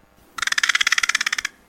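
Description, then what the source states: American Crow bill clattering: a rapid, even rattle of many clicks packed into about one second, starting and stopping abruptly. Clattering, rattling sound made by rattling the edges of its bill together, an instrumental sound made by the bill rather than the voice.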